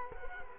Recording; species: mosquito wingbeat signal from an infrared sensor; Culex quinquefasciatus